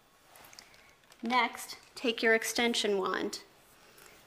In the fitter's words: with the back of the motorized floor brush and push down until you hear it click into place